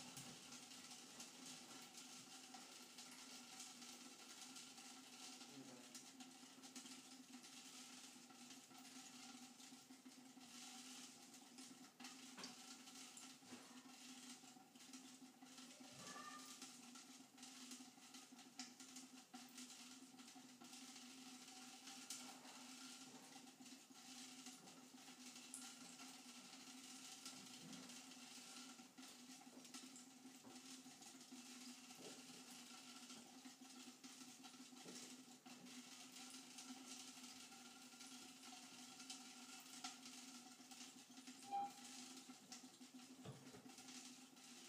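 Water drips onto tinfoil as faint, scattered ticks every few seconds, with no steady rhythm. A constant hiss and a low, steady hum with a few fixed tones run underneath the whole time, and the overall level barely changes.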